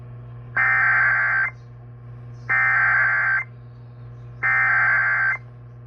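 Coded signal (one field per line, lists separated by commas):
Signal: Emergency Alert System (SAME) tones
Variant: header bursts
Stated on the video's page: Severe Thunderstorm Warning aired on an AM broadcast station.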